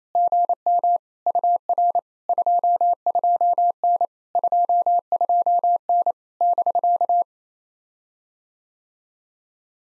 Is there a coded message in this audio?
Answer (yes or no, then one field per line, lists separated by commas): yes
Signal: Morse code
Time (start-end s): 0.1-7.2 s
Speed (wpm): 28 wpm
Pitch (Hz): 700 Hz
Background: none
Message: GM UR 22N 22N <BK>